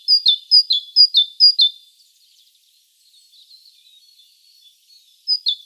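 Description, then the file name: Great tit song: several clear, ringing two-note phrases, high then lower, repeated quickly, then quiet soft notes, and another phrase starting at the end. "Parus major"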